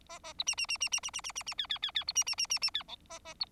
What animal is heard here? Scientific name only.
Lonchura striata domestica